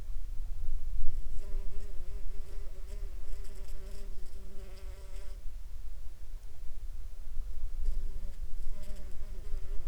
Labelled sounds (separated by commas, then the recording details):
water, insects
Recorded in the Prudhoe Bay oil fields, Alaska, on 14 July 2019 at 21:30
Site 21